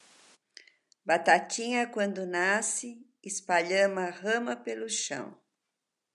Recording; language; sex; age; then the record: short text; Brazilian Portuguese; female; 60 to 69 years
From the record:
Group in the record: control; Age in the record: 69 years